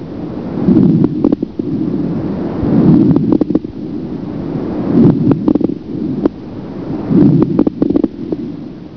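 Breath sounds of an adult.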